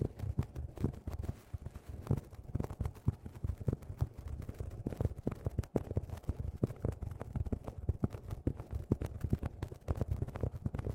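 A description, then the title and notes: Fingernails scratch across tapestry cushions in quick, irregular strokes, each a short rough rasp packed close to the next. The scratching stays steady in pace for the full stretch, close and mostly low and muffled, with faint sharper brushes of the weave above. TimASMR-Mini-Scratching on Tapestry Cushions in Macro (NO TALKING).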